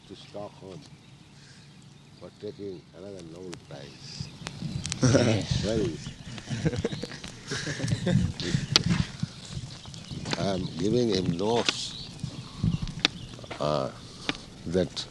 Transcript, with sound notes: stop him for taking another Nobel Prize. Where is? [laughter] I am giving him notes that